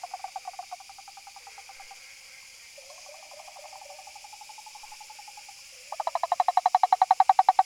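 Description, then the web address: Frog giving fast pulsed trills, softer in the middle, then a loud series of rapid pulses building at the end. Recorded 18 August 2013. "frog rec 20130818"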